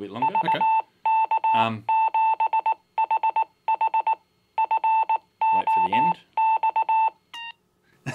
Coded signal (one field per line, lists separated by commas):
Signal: Morse code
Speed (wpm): 19 wpm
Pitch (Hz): 890 Hz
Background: speech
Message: VK7HH FOX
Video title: Fox Hunt Transmitter Build Using a Arduino + Baofeng